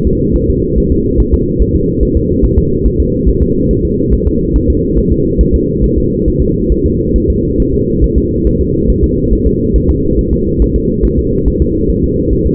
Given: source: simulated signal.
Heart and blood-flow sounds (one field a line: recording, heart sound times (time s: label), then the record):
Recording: fetal heart sounds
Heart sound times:
0.07 s: S2
0.36 s: S1
0.50 s: S2
0.78 s: S1
0.92 s: S2
1.20 s: S1
1.34 s: S2
1.62 s: S1
1.76 s: S2
2.03 s: S1
2.17 s: S2
2.44 s: S1
2.58 s: S2
2.86 s: S1
3.00 s: S2
3.28 s: S1
3.43 s: S2
3.71 s: S1
3.85 s: S2
4.13 s: S1
4.27 s: S2
4.56 s: S1
4.70 s: S2
4.98 s: S1
5.12 s: S2
5.41 s: S1
5.55 s: S2
5.84 s: S1
5.98 s: S2
6.28 s: S1
6.42 s: S2
6.72 s: S1
6.86 s: S2
7.16 s: S1
7.30 s: S2
7.60 s: S1
7.74 s: S2
8.04 s: S1
8.18 s: S2
8.47 s: S1
8.61 s: S2
8.90 s: S1
9.04 s: S2
9.33 s: S1
9.47 s: S2
9.76 s: S1
9.90 s: S2
10.19 s: S1
10.33 s: S2
10.62 s: S1
10.76 s: S2
11.05 s: S1
11.19 s: S2
11.48 s: S1
11.62 s: S2
11.90 s: S1
12.04 s: S2
12.33 s: S1
12.46 s: S2
From the record:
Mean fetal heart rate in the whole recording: 140 bpm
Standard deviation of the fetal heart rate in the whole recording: 2 bpm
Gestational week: 34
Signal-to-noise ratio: -14.7 dB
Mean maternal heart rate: 72 bpm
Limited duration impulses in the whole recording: present